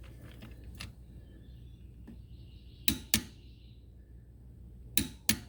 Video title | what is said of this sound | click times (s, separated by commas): Honda Recon TRX 250 Oil Change | again you hear that click | 5.3 s